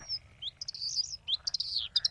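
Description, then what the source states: Bluethroat song: quick, high, thin chirps and buzzy twittering phrases in short bursts. Singing in marsh at the Dordtse Biesbosch; several heard; song likened to a 'bicycle wheel' (fietswieltje).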